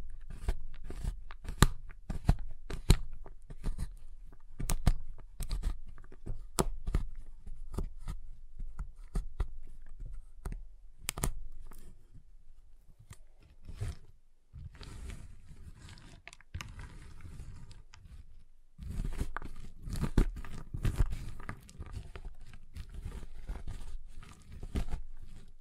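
A giant chocolate bar is tapped, cut and snapped, with sharp clicks and cracks coming in quick, uneven bursts through the first half. A pause near twelve and fourteen seconds gives way to longer scraping, crunching stretches with occasional sharp snaps.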